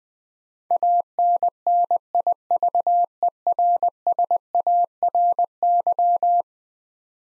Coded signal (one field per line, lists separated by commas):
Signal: Morse code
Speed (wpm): 21 wpm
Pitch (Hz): 700 Hz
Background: none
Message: ANNIVERSARY